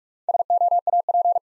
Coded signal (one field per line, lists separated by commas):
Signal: Morse code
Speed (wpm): 46 wpm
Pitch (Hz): 700 Hz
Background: none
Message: SOAP